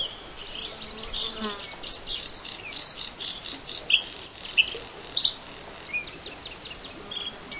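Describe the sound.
Bluethroat song, a faint, busy run of varied high chirps and twitters with a few louder sharp notes in the second half.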